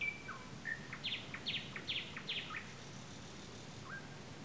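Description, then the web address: Nightingale song opening with a thin whistle, then a strongly repeated series of loud descending notes about every half second, a faint high buzz and a final soft slurred note. Recorded on 15 May 2022. "slowik-spiew-slowika-15052022"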